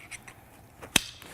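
The male half of a plastic side-release buckle is pushed into the female half on a dive bag strap. After faint, quiet ticks, a single sharp, loud snap rings out at 0.9 s, followed by another soft tick near 1.2 s. The buckle is seated.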